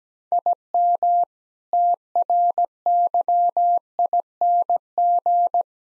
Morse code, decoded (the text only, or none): IM TRYING